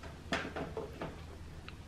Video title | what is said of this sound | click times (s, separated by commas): Clean and Maintain Your Dishwasher - Review of ReRack Rack Repair | just snaps into place if | 0.3 s